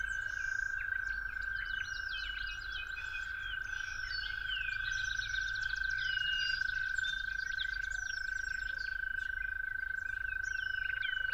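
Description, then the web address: Long, level toad trill holds without a break from start to finish, with lively mixed birdsong. At dawn. "musicofnature Toads at Dawn"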